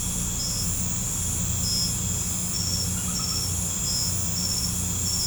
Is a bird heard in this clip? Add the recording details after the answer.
no. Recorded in pastures near Puerto Asís, Putumayo, Colombia, on 18 December 2024 at 20:00. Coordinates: 0.505, -76.324. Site G063